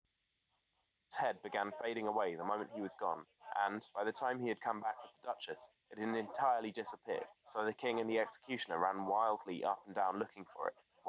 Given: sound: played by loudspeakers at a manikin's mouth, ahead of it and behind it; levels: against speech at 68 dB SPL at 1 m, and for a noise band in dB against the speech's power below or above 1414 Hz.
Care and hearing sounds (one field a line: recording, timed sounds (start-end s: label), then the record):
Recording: test signals for a remote microphone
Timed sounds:
1.11-11.09 s: man speaking, babble ahead at +6 dB SNR for speech at 1 m
From the record:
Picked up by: remote microphone B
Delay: 24 ms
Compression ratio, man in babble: 1.70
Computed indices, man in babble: HASPI 0.999, HASQI 0.276 (non-linear 0.326, linear 0.847), ESTOI 0.728